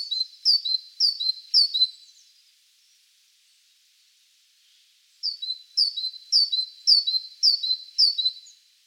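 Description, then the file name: Great tit singing bright see-saw double notes, high then low, in two runs of four and six phrases separated by a few seconds of quiet. "Parus major"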